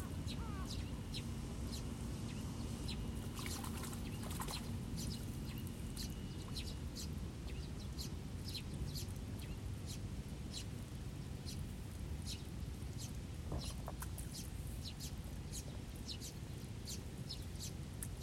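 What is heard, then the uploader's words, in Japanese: Sparrows chirp busily and without pause over the water of a rice paddy, their sharp calls scattered densely throughout. Beneath them runs a steady low rustle and splashing, with a brief frog-like croak around the thirteen-second mark. 水苗代でイネの苗取り。昔ながらの方法で、田んぼに直接籾種をまいて育てる「水苗代」から、育った苗を１本１本抜いてワラでまとめて束にしていきます。田んぼの水面の音、賑やかに鳴き続けるスズメ、時折聞こえるカエルの声。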